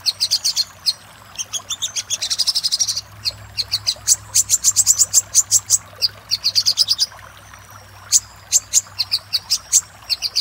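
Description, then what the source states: Little spiderhunter song, fast high-pitched ticking notes in rapid bursts with short trilled runs, pausing briefly between phrases. Master song for training cage birds; local name sogok ontong.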